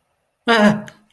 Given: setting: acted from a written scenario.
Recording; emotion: vocal sound without words; fear